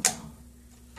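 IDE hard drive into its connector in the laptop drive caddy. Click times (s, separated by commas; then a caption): 0.1 s. An IDE hard drive, aligned with its connector inside the drive caddy of a Panasonic CF-51 Toughbook laptop, is pushed home and gives a single sharp, bright click at 0.1 s. The click fades quickly into a quiet low hum, with a slight rise in noise near the end. The drive is seated in its connector.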